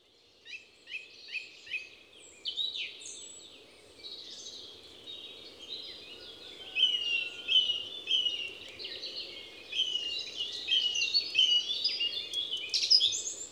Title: Envirhôna, Les Avenières Veyrins-Thuellin, France - Grive musicienne